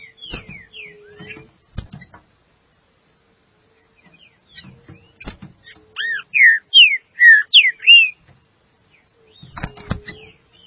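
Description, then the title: Green-winged saltator: knocks and scraping noises surround a brief phrase of several loud, rich whistled notes in the middle. "Trinca Ferro"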